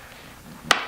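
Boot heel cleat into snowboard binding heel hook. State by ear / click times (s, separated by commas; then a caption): seated / 0.7 s. A snowboard boot steps into a Burton Step On (2019) step-in binding, and the heel cleat engages the binding's rear heel hook with a sharp plastic/metal click at 0.7 s, the second click after the first. After quiet low rustling, the click rings brightly and decays, and another sharp snap follows at the very end near 0.9 s. The heel is seated in the binding.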